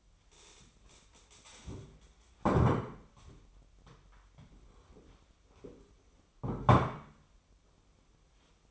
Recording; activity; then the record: daily activity, microphone in the room; stand up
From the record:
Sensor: 1